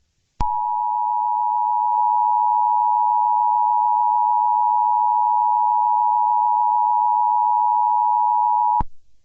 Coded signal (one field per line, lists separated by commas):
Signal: Emergency Alert System (SAME) tones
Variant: 853 and 960 Hz attention tone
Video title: EAS Flash Flood Warning for Virginia